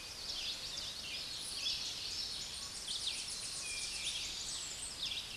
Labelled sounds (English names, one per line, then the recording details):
Tennessee Warbler song
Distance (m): 45 m
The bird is about 5 m above the microphone
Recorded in a Pennsylvania forest on 16 May 2024 at 09:21
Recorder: AudioMoth, point MSD-2305
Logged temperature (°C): 16.9 °C
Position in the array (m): 9 m, 194 m